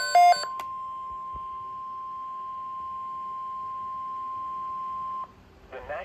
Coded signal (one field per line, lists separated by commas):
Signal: Emergency Alert System (SAME) tones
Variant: 1050 Hz attention tone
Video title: SPC Severe Thunderstorm Watch on #KXI41 (EAS #002)